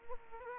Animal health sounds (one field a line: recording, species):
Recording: mosquito wingbeat signal from an infrared sensor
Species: Aedes aegypti